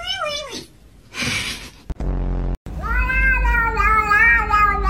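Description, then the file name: Cat meowing: a short falling meow, a breathy hiss-like burst, a brief buzzy rasp, then a long wavering meow held to the end. "Funny cat sounds"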